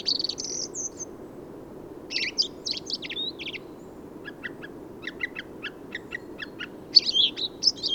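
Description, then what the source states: Song thrush singing thin high phrases, then a series of short clipped repeated notes, and a brighter phrase at the end, over background noise. Autumn improvised song, 15 November 2020, Forêt de Valdrôme, France; thrushes staying in forest thanks to heavy whitebeam and rowan fruiting; recorded with Nagra Seven and Telinga parabola.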